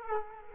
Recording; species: mosquito wingbeat signal from an infrared sensor; Culex quinquefasciatus